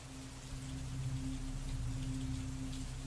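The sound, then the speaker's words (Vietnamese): Steady rain hisses evenly throughout amid howling wind, with a low, constant droning tone humming underneath and no voices. “Trong mưa gió rít gào, cơ hồ có thể nghe được tiếng oan hồn đã bắt đầu than khóc văng vẳng khắp nơi.”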